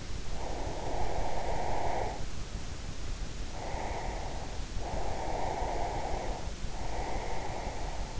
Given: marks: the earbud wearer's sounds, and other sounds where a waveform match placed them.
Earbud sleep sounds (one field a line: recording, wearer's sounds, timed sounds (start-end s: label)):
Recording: sounds in sleep by an in-ear microphone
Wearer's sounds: breath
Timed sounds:
0.30-4.36 s: breath
4.91-8.20 s: breath